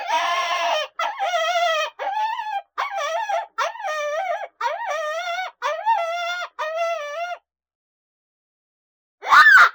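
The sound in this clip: Coyote pups giving a string of about eight short, wavering yipping cries, then silence before one final sharp cry.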